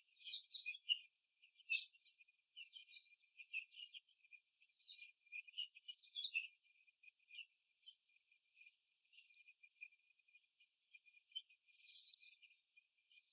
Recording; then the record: young laying hens in a cage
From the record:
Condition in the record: before the stressor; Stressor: simulated dog barking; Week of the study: 3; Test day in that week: 1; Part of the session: 1